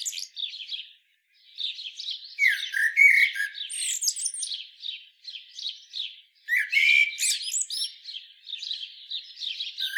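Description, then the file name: Common blackbird singing two bursts, each a low flowing warble ending in high, scratchy twitters, with softer notes between. "Turdus merula"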